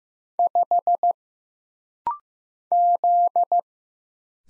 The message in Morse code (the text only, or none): 5 Z